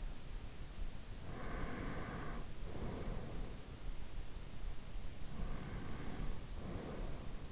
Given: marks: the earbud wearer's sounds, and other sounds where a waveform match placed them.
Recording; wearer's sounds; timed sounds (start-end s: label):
sounds in sleep by an in-ear microphone; breath
1.09-3.66 s: breath
5.06-7.52 s: breath